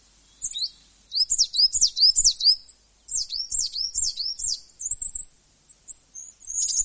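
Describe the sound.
Coal tit song: high, bouncing two-note phrases repeated quickly in two runs, followed by thin notes.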